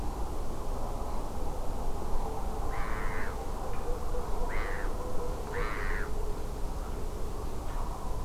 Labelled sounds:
Black-headed Gull (Chroicocephalus ridibundus)
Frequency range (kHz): Black-headed Gull (Chroicocephalus ridibundus) 0.8-6.1 kHz
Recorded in France

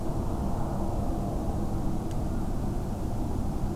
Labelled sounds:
none
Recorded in France

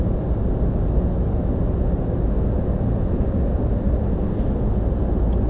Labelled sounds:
Ortolan Bunting (Emberiza hortulana)
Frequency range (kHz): Ortolan Bunting (Emberiza hortulana) 3.9-4.8 kHz
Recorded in France

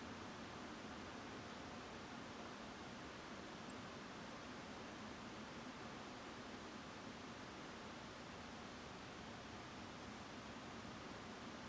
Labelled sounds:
Song Thrush (Turdus philomelos)
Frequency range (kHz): Song Thrush (Turdus philomelos) 7.3-9.9 kHz
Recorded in France

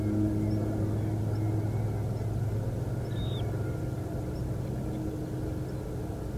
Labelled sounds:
Dunlin (Calidris alpina)
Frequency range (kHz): Dunlin (Calidris alpina) 2.5-4.0 kHz
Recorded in France

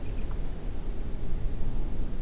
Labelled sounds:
Water Rail (Rallus aquaticus)
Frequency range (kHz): Water Rail (Rallus aquaticus) 2.2-3.5 kHz
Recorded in France

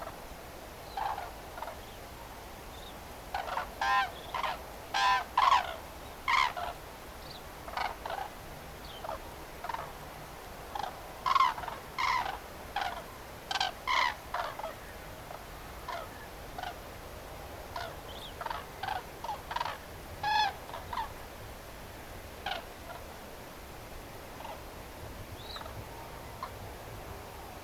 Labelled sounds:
Common Crane (Grus grus)
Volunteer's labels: Grus grus juvénile
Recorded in France

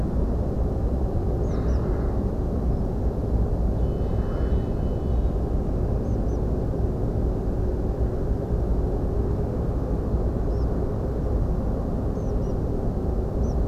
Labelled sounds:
Tree Pipit (Anthus trivialis), unidentified bird, European Pied Flycatcher (Ficedula hypoleuca)
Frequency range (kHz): unidentified bird 4.7-6.6 kHz; European Pied Flycatcher (Ficedula hypoleuca) 4.6-7.1 kHz
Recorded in France

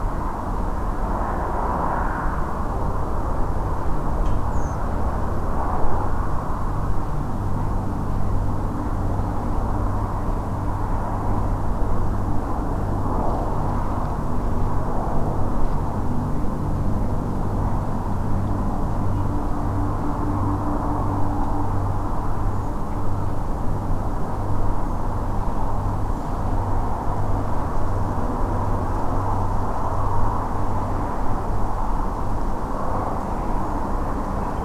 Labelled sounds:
Redwing (Turdus iliacus)
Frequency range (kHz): Redwing (Turdus iliacus) 5.7-7.7 kHz
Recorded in France

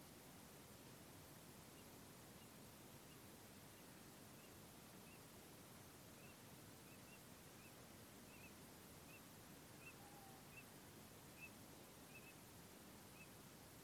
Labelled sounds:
Eurasian Teal (Anas crecca)
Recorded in France

